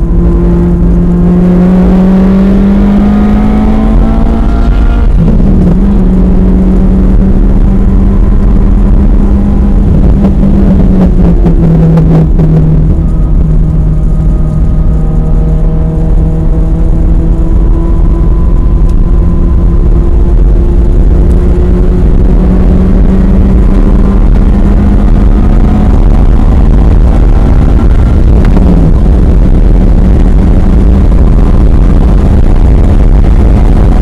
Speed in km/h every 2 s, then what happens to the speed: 105, 124, 127, 137, 138, 111, 108, 111, 116, 119, 127, 137, 148, 159, 159, 169, 179.
0-7 speeds up to 138. 8-11 brakes to 108. 11-34 speeds up to 179.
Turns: 9-20.